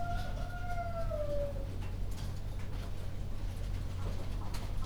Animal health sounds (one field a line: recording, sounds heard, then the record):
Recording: poultry house recording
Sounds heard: healthy chickens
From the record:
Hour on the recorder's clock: 0